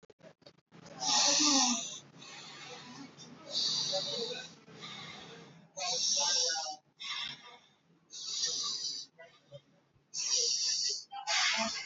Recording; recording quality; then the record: deep breathing; excellent, no background noise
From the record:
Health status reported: healthy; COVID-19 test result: not tested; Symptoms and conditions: cough, sore throat, diarrhoea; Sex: male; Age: 26 years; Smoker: not ticked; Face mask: not worn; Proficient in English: yes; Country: India